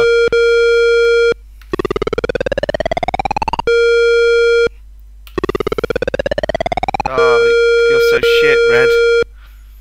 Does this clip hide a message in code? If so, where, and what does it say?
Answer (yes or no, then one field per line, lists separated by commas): no